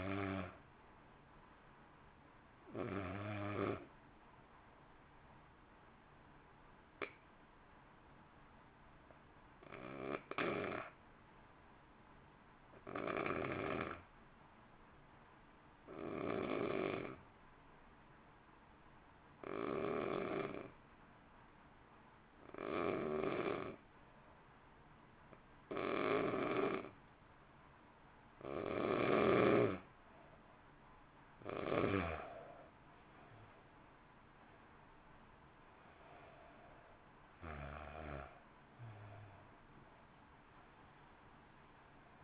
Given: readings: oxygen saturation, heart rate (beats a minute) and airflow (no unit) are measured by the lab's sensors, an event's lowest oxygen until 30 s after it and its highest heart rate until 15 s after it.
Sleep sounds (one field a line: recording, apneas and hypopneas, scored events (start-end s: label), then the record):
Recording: breathing in sleep by a voice recorder at the bedside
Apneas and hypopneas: 1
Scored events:
8.00-32.00 s: hypopnea (N1, oxygen 95% highest, then 86% lowest, heart rate 50 at the start, 61 highest)
19.00-42.24 s: new sleep stage, N2 (light sleep)
From the record:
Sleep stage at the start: N1 (lightest sleep)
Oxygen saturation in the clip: 83 to 95%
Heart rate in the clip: 49 to 61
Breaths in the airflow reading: 15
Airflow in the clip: -1.2 to 1.9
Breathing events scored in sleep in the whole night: 328 in 6.3 hours asleep